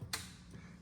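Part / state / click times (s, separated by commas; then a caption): concealed electronic lock bolt engaging cabinet door latch / seated / 0.1 s. A concealed electronic lock bolt engages the latch of a closed cabinet door after the default code 1-2-3-4 is entered and lock is pressed. A single sharp, bright click sounds at 0.1 s over a low hum. The lock is engaged.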